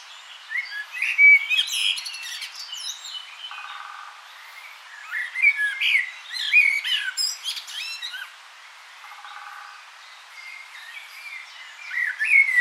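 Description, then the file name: Common blackbird singing repeated fluted phrases, each ending in high squeaky twitters, with a brief low buzzy sound twice in the background. "Turdus merula"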